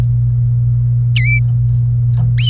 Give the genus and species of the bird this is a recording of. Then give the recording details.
Serinus canaria. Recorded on 27 April 2018 at 07:40. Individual llb3